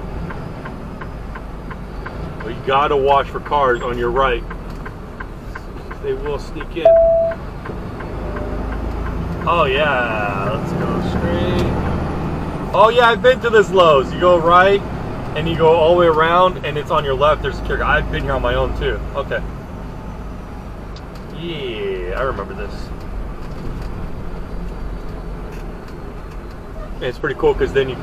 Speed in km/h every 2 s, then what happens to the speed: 35, 29, 21, 16, 18, 24, 26, 27, 29, 29, 27, 23, 19, 15.
0-6 slows to 16. 6-11 speeds up to 26. 11-19 steady at about 27. 19-28 slows to 15.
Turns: 2-8.